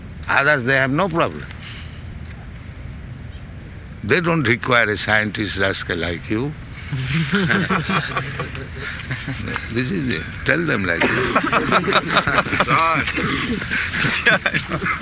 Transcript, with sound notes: Others, they have no problem. They don't require a scientist rascal like you. [laughter] This is the... Tell them like this.